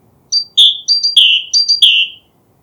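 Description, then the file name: Great tit call phrase: brief high piping notes ending in a drawn-out lower whistle, repeated three times at a steady pace. "Parus major"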